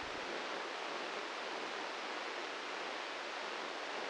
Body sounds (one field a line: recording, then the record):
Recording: brain microelectrode recording played as sound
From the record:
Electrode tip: inside the subthalamic nucleus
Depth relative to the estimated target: 2 mm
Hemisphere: left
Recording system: NeuroSet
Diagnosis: Parkinson's disease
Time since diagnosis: 15 years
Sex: male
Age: 65 years